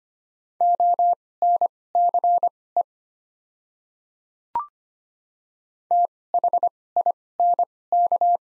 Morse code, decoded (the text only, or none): ONCE THINK